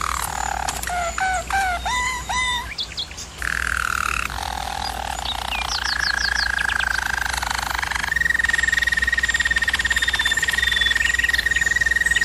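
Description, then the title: Roller canary song opening with quick looping, swooping notes, a short gap, then smooth rolled tours leading into a high, sustained, even roll. Singing; used for canary training. "German Roller Canary Singing - Canary Training Vid"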